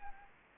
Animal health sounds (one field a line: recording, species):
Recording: mosquito wingbeat signal from an infrared sensor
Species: Anopheles gambiae